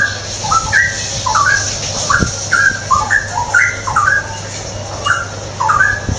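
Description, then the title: Straw-headed bulbul song, a run of short liquid whistled phrases that rise and fall, over a steady low hum. Tutoring song (masteran) for caged birds; rapid, continuous singing (ropel gacor). "mster Mnuk. Masteran Burung CUCAK ROWO. Cucak Rowo Ropel Gacor"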